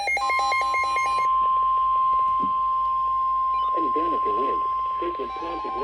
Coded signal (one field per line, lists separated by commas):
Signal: Emergency Alert System (SAME) tones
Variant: 1050 Hz attention tone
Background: speech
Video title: EAS Alerts from September 8th, 2023 [EAS #989-1,026]